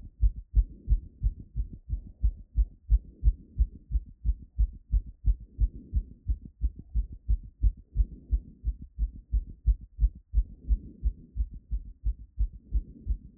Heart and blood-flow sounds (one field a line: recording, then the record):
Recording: heart sounds by stethoscope after running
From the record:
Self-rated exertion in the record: moderate exertion (3 of 6)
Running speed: 5 mph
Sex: female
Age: 18 years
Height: 171 cm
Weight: 75 kg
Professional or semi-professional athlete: no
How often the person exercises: 1 to 2 times a week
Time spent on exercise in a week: under 1 hour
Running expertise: no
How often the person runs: 1 to 2 times a week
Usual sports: running, fencing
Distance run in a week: 3 km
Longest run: 21.3 km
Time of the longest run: 190 minutes